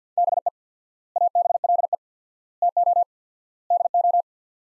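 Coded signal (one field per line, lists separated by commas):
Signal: Morse code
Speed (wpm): 50 wpm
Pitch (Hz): 700 Hz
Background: none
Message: BE ABLE TO DO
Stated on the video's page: Drill of sets of 4 words at 50 wpm with 4x word spacing, Farnsworth-like; each set sent, spoken, sent again.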